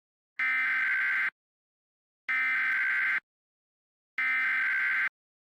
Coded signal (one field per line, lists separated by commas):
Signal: Emergency Alert System (SAME) tones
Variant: header bursts